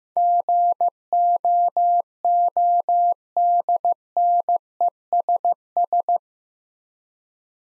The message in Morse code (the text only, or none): GOODNESS